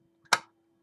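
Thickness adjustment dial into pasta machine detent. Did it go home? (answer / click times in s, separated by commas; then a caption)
yes / 0.3 s. A spring-loaded thickness adjustment dial on a pasta machine used for polymer clay is pulled out, turned, and released. It snaps back into its detent with one short, sharp click at 0.3 s. A steady low hum runs underneath, and the dial is seated.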